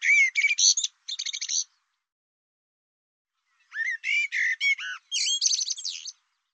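Bird sings two fast chattering phrases, falls silent for about two seconds, then delivers a longer run of varied, squeaky chirps.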